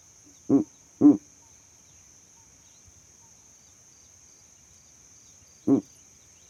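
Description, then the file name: Owl hoots, short low notes given as a quick pair, then a lone hoot several seconds later, over a quiet background with a steady high hiss. Owl calls at night. "Calming Owl Calls at Night"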